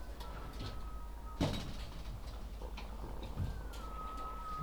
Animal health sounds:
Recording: poultry house recording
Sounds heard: sick chickens (respiratory disease)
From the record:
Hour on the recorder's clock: 10

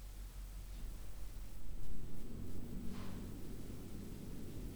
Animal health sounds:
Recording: poultry house recording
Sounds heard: no chicken sound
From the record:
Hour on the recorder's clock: 21

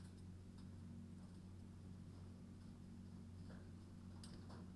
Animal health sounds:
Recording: poultry house recording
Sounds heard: no chicken sound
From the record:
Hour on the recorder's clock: 23

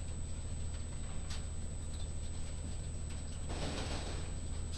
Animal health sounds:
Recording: poultry house recording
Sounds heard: no chicken sound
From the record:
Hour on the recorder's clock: 22

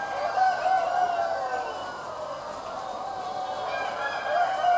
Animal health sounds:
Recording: poultry house recording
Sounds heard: healthy chickens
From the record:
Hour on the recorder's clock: 19

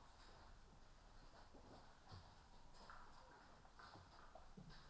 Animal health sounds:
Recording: poultry house recording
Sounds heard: healthy chickens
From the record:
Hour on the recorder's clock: 14

